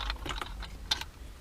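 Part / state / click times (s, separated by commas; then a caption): MOST adapter plug into fiber decoder / not seated / none. The plastic connector of a MOST adapter is handled and pushed toward a fiber decoder box, giving a few short, light plastic ticks and rattles near 0.1 s, 0.4 s, 0.9 s and 1.0 s, with the sharpest at 0.9 s. Nothing has seated or clicked into place yet; the connector is not yet home.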